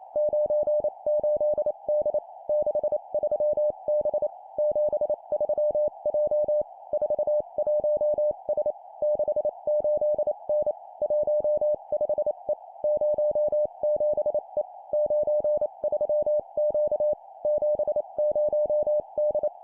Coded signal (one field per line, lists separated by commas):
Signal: Morse code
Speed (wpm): 28 wpm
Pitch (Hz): 600 Hz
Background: none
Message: 98D 63B 73J 41S 68N 15E 07E 93Q 70D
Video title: 25wpm Three letter words number,number,letter, improve cw morse code copy speed